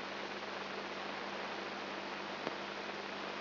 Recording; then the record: brain microelectrode recording played as sound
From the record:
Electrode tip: inside the subthalamic nucleus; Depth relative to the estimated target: 0 mm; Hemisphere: right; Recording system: AlphaMap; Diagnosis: Parkinson's disease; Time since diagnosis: 7 years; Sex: female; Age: 55 years